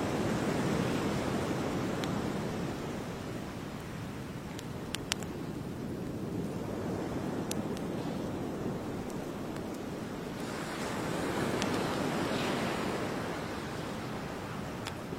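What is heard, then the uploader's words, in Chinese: Ocean waves wash steadily onto a beach at dusk, swelling around the start and again near eleven seconds, with faint crackles and light wind throughout. 傍晚 海滩 篝火旁 海浪声 白噪音。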